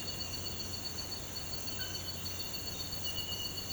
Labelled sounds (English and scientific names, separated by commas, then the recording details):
none
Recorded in pastures near Puerto Asís, Putumayo, Colombia, on 12 March 2025 at 06:00
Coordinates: 0.472, -76.329
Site G074